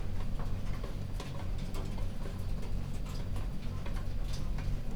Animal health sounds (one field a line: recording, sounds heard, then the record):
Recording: poultry house recording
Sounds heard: no chicken sound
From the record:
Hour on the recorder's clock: 0